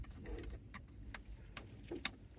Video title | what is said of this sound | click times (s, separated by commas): Subaru Sambar radio upgrade! 2003 TT2 Kei Truck | there's the click | 2.0 s